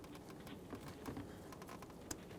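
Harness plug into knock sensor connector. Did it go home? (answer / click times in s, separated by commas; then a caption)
yes / 2.1 s. The electrical harness plug is pressed into the connector of a new knock sensor on a 2012-2018 Nissan Altima 2.5L L4 engine. Soft rustling and faint taps of handling lead up to a single sharp click at 2.1 s. The click marks the connector seating fully.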